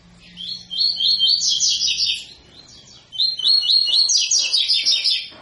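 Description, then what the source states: Double-collared seedeater song with two strong runs of fast, buzzy repeated syllables separated by a brief lull. Tui-tui song style from a 'fibra' coleiro; a teacher song for training young birds.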